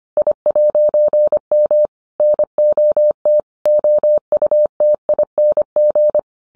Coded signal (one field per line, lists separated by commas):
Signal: Morse code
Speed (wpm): 25 wpm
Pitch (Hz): 600 Hz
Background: none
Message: I'M NOT OUTING